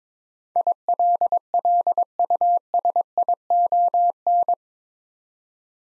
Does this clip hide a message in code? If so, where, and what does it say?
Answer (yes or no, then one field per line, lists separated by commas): yes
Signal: Morse code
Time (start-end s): 0.6-4.5 s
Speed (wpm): 22 wpm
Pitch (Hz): 700 Hz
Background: none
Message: ILLUSION